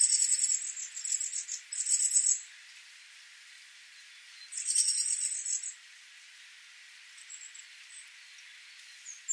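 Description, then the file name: Great tit calling: several harsh, buzzy rattling bursts, a pause, another burst, then a few quieter high chips. "Parus major"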